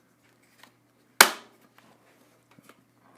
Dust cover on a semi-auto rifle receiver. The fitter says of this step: let the dust cover snap into place